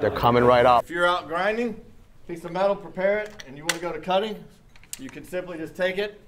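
A cutting wheel with a metal hub is being fitted onto the spindle of an X-Lock angle grinder, without tools, in place of a grinding accessory. Someone talks throughout, with a brief burst of louder sound at the start. Nothing has seated or clicked yet.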